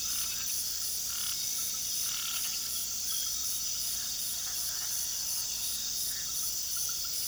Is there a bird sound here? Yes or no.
no